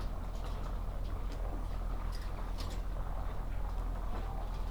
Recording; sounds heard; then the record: poultry house recording; sick chickens (respiratory disease)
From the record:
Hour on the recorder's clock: 8